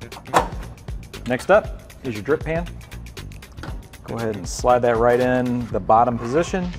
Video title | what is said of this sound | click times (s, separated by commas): Indoor Smoker Unboxing and Setup Guide - GE Profile Smart Indoor Smoker | and then you will pinch this top piece down and it'll snap into place and | 0.4 s